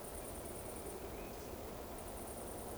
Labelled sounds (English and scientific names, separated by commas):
Eurasian Woodcock (Scolopax rusticola) whistle